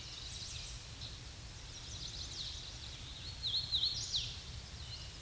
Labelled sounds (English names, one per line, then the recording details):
Hooded Warbler song
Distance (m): 35 m
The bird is about 10 m above the microphone
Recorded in a Pennsylvania forest on 16 May 2024 at 07:21
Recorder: AudioMoth, point MSD-2456
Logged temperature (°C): 16.4 °C
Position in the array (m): 165 m, 116 m